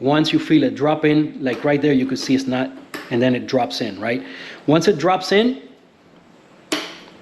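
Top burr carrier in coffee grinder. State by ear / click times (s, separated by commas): seated / 6.7 s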